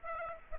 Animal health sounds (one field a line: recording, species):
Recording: mosquito wingbeat signal from an infrared sensor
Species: Aedes aegypti